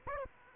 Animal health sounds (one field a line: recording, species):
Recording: mosquito wingbeat signal from an infrared sensor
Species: Aedes aegypti